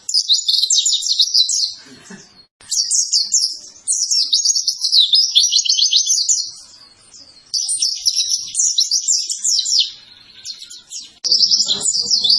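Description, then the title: White-eye song, loud and continuous: rapid, high, jumbled twittering in long bursts, broken by short pauses and abrupt restarts. Masteran (cage-bird song training recording) of a gacor, vigorously singing pleci, intended for training competition birds. "Pleci Gacor 02. Masteran Burung PLECI Paling DICARI Untuk Cetak PRESTASI"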